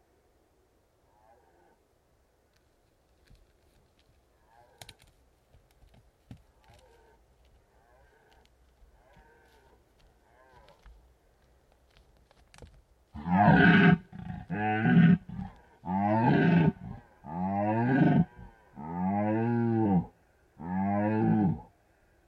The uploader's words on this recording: Red deer stags rutting in the Carpathian Mountains, Bucovina, Romania. Red Deer Rut In Bucovina.